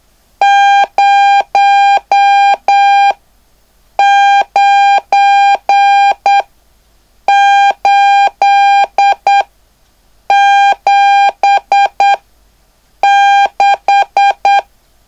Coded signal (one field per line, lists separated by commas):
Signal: Morse code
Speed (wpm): 8 wpm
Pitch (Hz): 800 Hz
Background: none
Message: 09876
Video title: LU1WGO: Curso para Aspirante a Radioaficionado/Introducción al CW-Clase#03